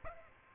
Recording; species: mosquito wingbeat signal from an infrared sensor; Aedes aegypti